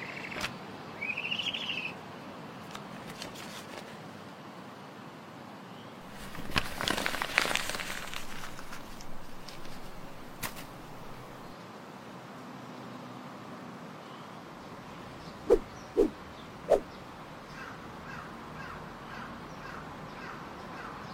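A flying broom sweeps past in a rising, airy whoosh around the middle, after a few scattered clicks and a brief squeaky chirp early on. A low steady hiss fills the rest, broken near the end by three sharp, evenly spaced knocks.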